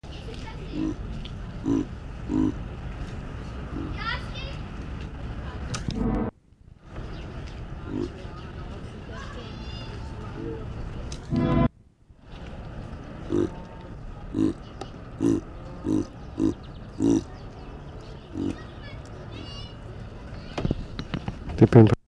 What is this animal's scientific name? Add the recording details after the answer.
Papio ursinus. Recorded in captivity. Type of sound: call. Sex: male. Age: adult. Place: Zoopark Erfurt, Thüringen, DE. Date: 1968-10-10. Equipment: Uher 4000 Report-S, Sennheiser MD 421. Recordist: Tembrock, Günter. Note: Bärenpavian (bei Tembrock: Papio porcarius). Kurzlaute, sitzt dabei auf seinem "Stammplatz". Abstand: erst ca. 10 m, später ca. 3 m